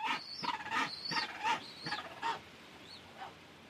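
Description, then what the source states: Fiordland crested penguin calls: harsh braying bursts with rising and falling tones, about seven in two and a half seconds, then a few quieter fading notes. Tawaki at a forest nesting site, Harrison Cove, Milford Sound, during the breeding season; noisy neighbouring penguins calling.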